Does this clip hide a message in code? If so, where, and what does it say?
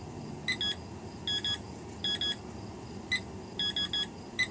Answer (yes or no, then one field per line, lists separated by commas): no